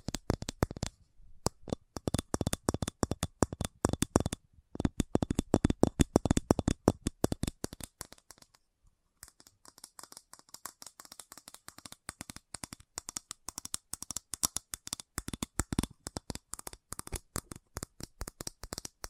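Fast tapping, a rapid stream of sharp clicks packed densely together with a crisp, card-shuffling texture. Brief pauses break the flow near one and nine seconds; after the second pause the taps turn quieter and lighter while staying just as quick.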